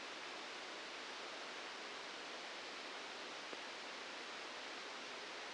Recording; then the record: brain microelectrode recording played as sound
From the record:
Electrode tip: outside the subthalamic nucleus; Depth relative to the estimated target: 3 mm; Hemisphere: left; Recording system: NeuroSet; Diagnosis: Parkinson's disease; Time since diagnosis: 8 years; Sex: male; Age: 59 years